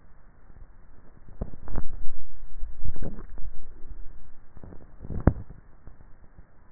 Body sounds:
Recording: swallowing sounds by neck microphone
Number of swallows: 1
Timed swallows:
2.65-3.92 s: swallow
From the record:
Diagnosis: dysphagia

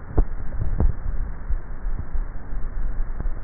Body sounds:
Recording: swallowing sounds by neck microphone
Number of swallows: 1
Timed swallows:
0.40-1.33 s: swallow
From the record:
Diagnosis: dysphagia

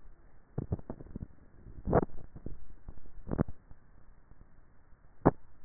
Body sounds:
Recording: swallowing sounds by neck microphone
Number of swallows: 1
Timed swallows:
2.12-3.48 s: swallow
From the record:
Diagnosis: dysphagia

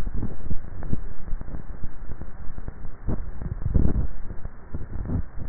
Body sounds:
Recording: swallowing sounds by neck microphone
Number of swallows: 1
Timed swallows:
3.25-4.12 s: swallow
From the record:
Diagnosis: dysphagia

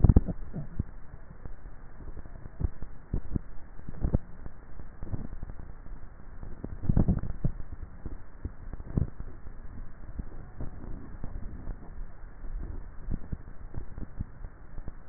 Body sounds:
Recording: swallowing sounds by neck microphone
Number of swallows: 3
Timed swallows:
0.08-1.02 s: swallow
6.48-7.85 s: swallow
12.52-13.45 s: swallow
From the record:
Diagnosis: dysphagia

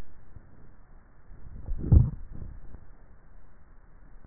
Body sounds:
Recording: swallowing sounds by neck microphone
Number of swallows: 1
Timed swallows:
1.62-2.55 s: swallow
From the record:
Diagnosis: dysphagia

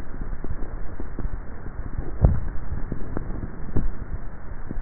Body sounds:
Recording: swallowing sounds by neck microphone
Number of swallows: 1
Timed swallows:
2.20-3.03 s: swallow
From the record:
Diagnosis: dysphagia

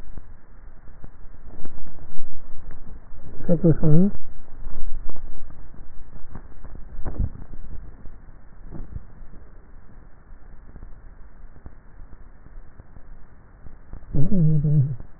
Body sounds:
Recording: swallowing sounds by neck microphone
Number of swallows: 2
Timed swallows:
7.12-8.08 s: swallow
8.82-9.45 s: swallow
From the record:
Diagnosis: dysphagia

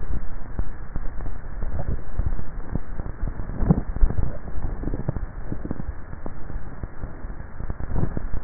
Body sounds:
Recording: swallowing sounds by neck microphone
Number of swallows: 2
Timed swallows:
1.65-2.35 s: swallow
4.08-4.82 s: swallow
From the record:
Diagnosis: dysphagia

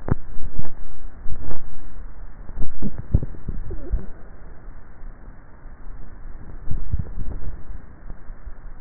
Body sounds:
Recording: swallowing sounds by neck microphone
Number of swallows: 2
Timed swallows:
2.95-3.98 s: swallow
6.82-7.42 s: swallow
From the record:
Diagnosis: dysphagia

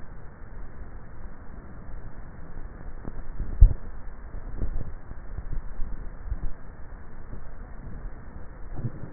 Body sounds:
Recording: swallowing sounds by neck microphone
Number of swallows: 2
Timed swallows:
3.32-4.63 s: swallow
5.52-6.45 s: swallow
From the record:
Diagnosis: dysphagia

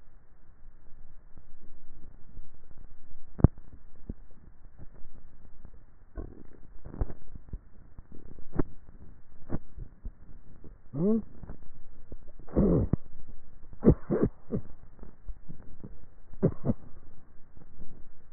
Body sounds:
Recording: swallowing sounds by neck microphone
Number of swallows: 5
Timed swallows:
3.68-4.92 s: swallow
5.65-6.58 s: swallow
7.48-8.32 s: swallow
9.98-10.68 s: swallow
15.22-15.85 s: swallow
From the record:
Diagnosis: dysphagia

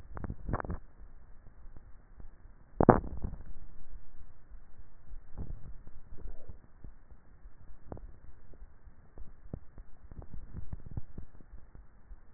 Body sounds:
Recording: swallowing sounds by neck microphone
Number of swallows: 3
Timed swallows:
5.38-6.65 s: swallow
7.95-8.85 s: swallow
10.22-11.72 s: swallow
From the record:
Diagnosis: dysphagia

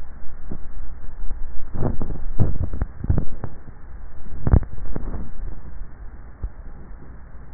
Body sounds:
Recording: swallowing sounds by neck microphone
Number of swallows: 2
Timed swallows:
2.45-3.32 s: swallow
4.88-6.08 s: swallow
From the record:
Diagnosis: dysphagia

